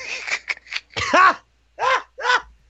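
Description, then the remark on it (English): A harsh, raspy coughing fit: a quick cluster of short hacks, then a long strained cough, followed by two more rough bursts separated by brief pauses. “Whenever I start coughing ferociously, we just put the coughing smoke up there.”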